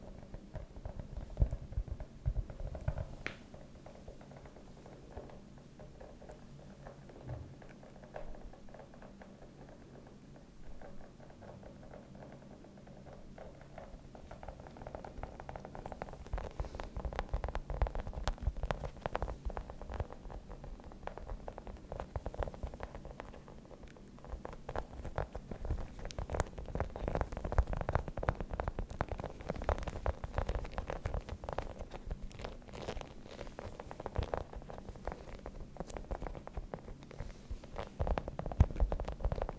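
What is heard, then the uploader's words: Dry tapping and patter on a surface, with quick clusters of light knocks rather than a steady beat. The first fifteen seconds are quieter and sparse, then the taps grow busier and louder, with sharper accents near the end over a low, soft rumble. Tapping ASMR.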